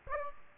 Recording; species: mosquito wingbeat signal from an infrared sensor; Aedes aegypti